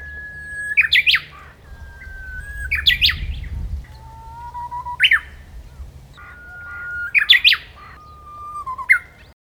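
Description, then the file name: Japanese bush warbler song: a long, level whistled note, then a quick rising, warbled flourish, repeated several times over a low steady hum. "uguisu"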